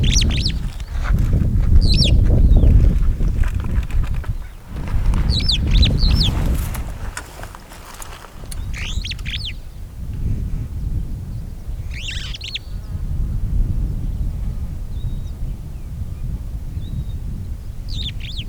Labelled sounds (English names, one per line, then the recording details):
Superb Starling flight call
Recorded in Kenya